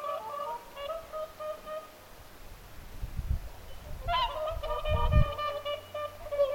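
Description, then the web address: Whooper swans giving nasal honks, sparse early and busier later, with low thumping noise bursts mixed in. Whooper swans calling at Lintulahti on 6 November 2025. "paivat 6 11 2025 laulujoutsenten aantelya lintulahdella"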